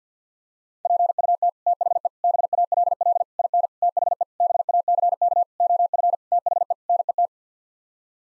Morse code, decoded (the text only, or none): PUT THE BALL IN THE BACK OF THE NET